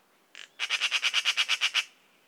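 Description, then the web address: Eurasian magpie chatter call: a short rasping note, then a fast rattle of about ten harsh, even chacks in quick succession. "szarka hangja. szarka madar"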